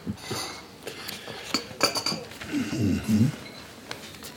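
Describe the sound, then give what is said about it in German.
Coffeehouse clatter of cutlery and dishes on the night of 30 to 31 December 1900: scattered bright clinks and clanks of silverware against plates, irregular and moderately loud, with a low murmur of voices in the background. “Vom 30. auf den 31. Dezember 1900 im Kaffeehaus.”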